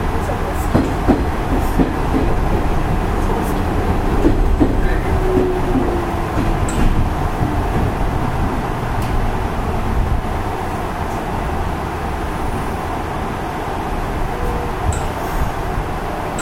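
A Nishitetsu 5000 series train runs along with a steady, dense roar of wheels and motor, heavy in the low end. Faint clicks and rattles scatter throughout, and a brief rising whine drifts in around four to six seconds.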